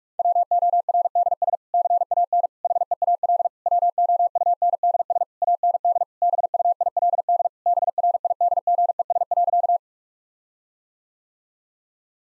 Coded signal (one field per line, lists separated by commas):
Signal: Morse code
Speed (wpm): 46 wpm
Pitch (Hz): 700 Hz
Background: none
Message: WORDS CAN HEAL WOUNDS AND BUILD BRIDGES.